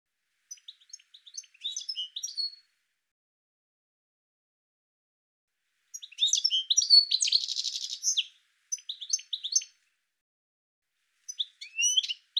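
Bird giving bursts of rapid, high-pitched chirps and twitters, clustered in short volleys with quiet gaps between them, with a denser chattering run in the middle.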